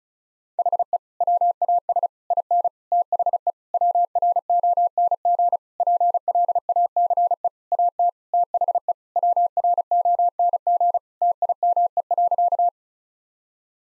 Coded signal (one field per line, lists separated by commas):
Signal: Morse code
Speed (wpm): 36 wpm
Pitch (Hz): 700 Hz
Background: none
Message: HE WAS IN THE WRONG PLACE AT THE WRONG TIME.